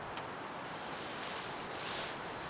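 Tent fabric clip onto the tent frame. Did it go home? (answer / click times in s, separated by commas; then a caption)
no / none. A tent fabric clip is handled against the frame of an elevated truck tent, with steady broadband rustling throughout and a faint brief tick near 0.2 s. Nothing has seated or clicked yet.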